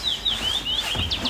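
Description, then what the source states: Common Rosefinch song: a quick string of slurred, whistled notes, some rising and some falling, over a soft background hiss. Heard close by at night during a 24-hour bird count at Glommers träsk; first species of a count shift; song rendered as 'please to meet you'.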